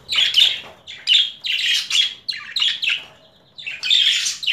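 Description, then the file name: Budgerigar chatter, a series of buzzy, warbling high bursts separated by short pauses. Female bird; mixed assortment of sounds. "Karisik Sesler Disi Muhabbet Kusu Sesi"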